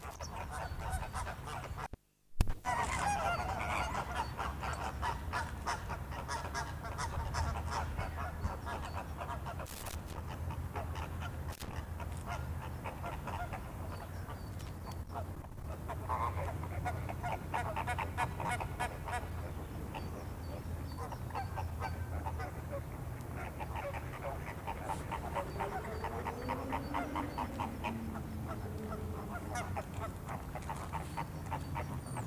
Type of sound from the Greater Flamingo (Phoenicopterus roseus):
call